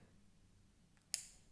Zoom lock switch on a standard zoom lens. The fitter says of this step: Look at that. Do you hear the click?